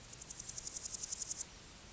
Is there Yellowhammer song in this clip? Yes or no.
no